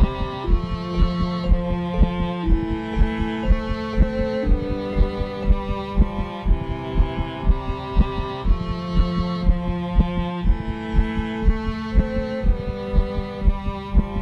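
Steady, regular heartbeat thumps of an adult patient near the end of life, recorded with an electronic digital stethoscope during a music therapy session, cleaned of extra noises and looped under sustained chords of a song the patient wrote, with the heartbeat given precedence and no lyrics.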